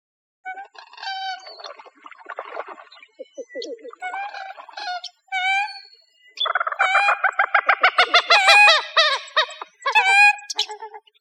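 Bird calls, nasal harmonic notes in irregular bursts, building into a fast run of loud repeated squawks near the end.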